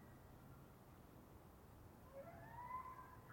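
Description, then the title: Elk bugle: a faint, rising whistled tone late, over a low steady hiss. Rutting-season bull elk, several vocal just before hunting season; Colockum Wildlife Area, Washington, high plateau with pine stands; morning of September 18; double M/S recording, normalized, unfiltered. "Elk Multiple Bulls One Close Scream Roar Distant Ethereal Calls"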